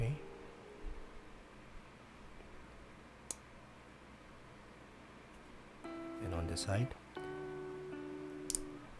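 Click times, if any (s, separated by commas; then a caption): 8.5 s. After lubing a mechanical keyboard switch from an RK68 mechanical keyboard, the plastic top housing is pressed back onto the bottom housing until the side latches catch, while someone talks and tonal, music-like sounds play. Two sharp clicks sound at 8.5 and 8.55 seconds as the switch housing clips shut and is seated.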